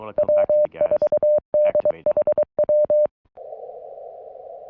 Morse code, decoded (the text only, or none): W4DHW